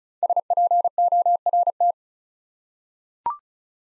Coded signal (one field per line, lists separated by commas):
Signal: Morse code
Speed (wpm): 36 wpm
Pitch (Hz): 700 Hz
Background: none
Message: SPORT